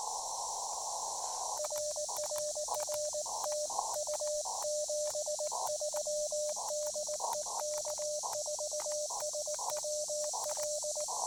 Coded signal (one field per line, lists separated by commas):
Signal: Morse code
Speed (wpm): 18 wpm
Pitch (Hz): 600 Hz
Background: radio noise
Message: RRR TU 73 DE K4SWL